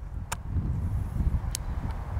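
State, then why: Seated. A MicaSense Altum multispectral camera on a Skyport quick-release gimbal mount is clipped onto a drone over a low background rumble. A short click at 0.3 s is followed by a sharp click at 1.6 s as the camera locks in place, seated.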